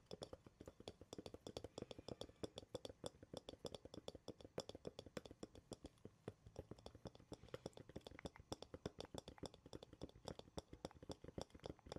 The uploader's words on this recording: ASMR tapping and scratching (no talking) wood cork cardboard.